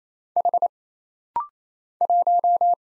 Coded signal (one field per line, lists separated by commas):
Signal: Morse code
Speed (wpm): 27 wpm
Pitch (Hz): 700 Hz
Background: none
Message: H 1